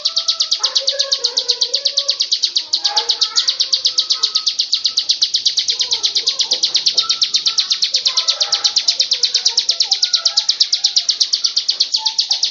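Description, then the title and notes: Bird song: low warbled, sliding phrases come and go beneath a loud, fast, high pulsed buzzing that runs steadily through the whole stretch. "Bird Sound. Kicau Burung Lengkap"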